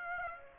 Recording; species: mosquito wingbeat signal from an infrared sensor; Aedes aegypti